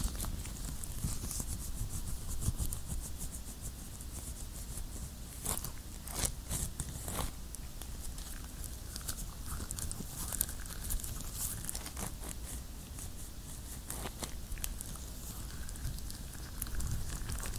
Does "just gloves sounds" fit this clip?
yes